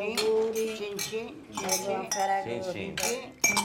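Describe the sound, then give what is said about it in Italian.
Wine glasses clinking together in a toast, a series of bright chimes about every half second, each leaving a short ringing tone that overlaps the next, ending with one sharp final clink. “In altri calici alla nostra bella amicizia di Ferragosto.”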